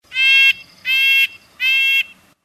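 Red-breasted Nuthatch calls, three nasal, tinny toots of about half a second each, evenly spaced.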